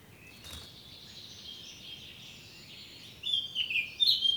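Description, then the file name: Eurasian blackcap song, a faint subdued warble for several seconds ending in a short, loud flourish of clear whistled notes. "Sylvia atricapilla"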